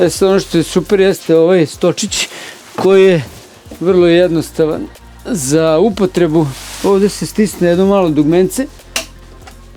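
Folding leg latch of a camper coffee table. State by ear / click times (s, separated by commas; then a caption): released / 9.0 s. Someone talks while pressing a small button on a camper's coffee table to release the folding leg latch. A sharp click at 8.9 s marks the latch letting go, and the leg unlatches and folds.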